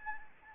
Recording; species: mosquito wingbeat signal from an infrared sensor; Anopheles gambiae